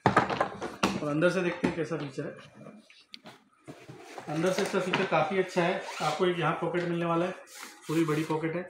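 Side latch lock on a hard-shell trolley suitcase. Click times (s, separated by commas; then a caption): 0.1 s. A pin is pressed on the zipperless side latch lock (TSA-type) of a Carlton VIP hard-shell trolley suitcase, and the latch clicks open at 0.1 s before the bag is opened. A few more sharp knocks follow in the first second. Someone talks through most of the clip.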